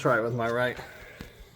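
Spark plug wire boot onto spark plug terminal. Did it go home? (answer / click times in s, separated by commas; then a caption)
no / none. A rubber spark plug wire boot on a 1968 Chevy Camaro SS is being pushed by hand, with the right hand, toward the spark plug terminal. A man talks for the first 0.7 seconds, followed by a quiet stretch with only faint brief taps around 1.2 and 1.6 seconds. The boot has not seated or clicked onto the plug yet.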